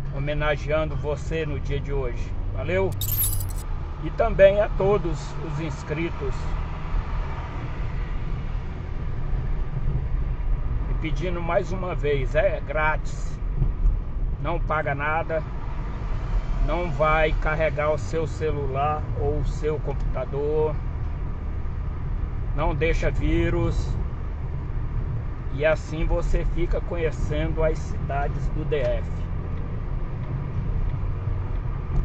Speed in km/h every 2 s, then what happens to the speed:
20, 28, 37, 40, 43, 47, 47, 44, 41, 38, 40, 42, 45, 44, 42, 46.
0-10 speeds up to 47. 10-20 slows to 40. 20-29 steady at about 42.